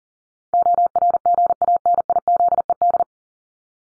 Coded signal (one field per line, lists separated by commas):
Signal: Morse code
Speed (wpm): 40 wpm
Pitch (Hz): 700 Hz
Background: none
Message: ORGANIZED